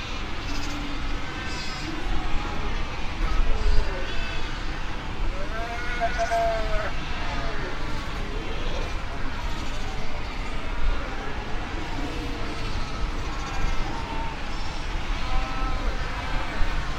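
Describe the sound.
Fur seal colony chorus, overlapping bleating and moaning calls rising and falling over a constant low roar of background noise.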